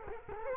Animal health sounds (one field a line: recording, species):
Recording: mosquito wingbeat signal from an infrared sensor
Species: Culex quinquefasciatus